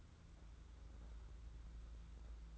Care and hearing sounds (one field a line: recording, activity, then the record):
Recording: daily activity, microphone in the room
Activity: take from stove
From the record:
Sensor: 3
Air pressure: 991.9 hPa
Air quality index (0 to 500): 226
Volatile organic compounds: 1000 ppm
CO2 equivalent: 7781 ppm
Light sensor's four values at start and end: 26/78/32/27 and 26/78/32/27